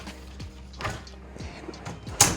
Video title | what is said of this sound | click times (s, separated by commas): Fanttik Zeta X6 Pro 6ft Folding Table - Review | And then the legs just pull out and lock into place like so. | 2.2 s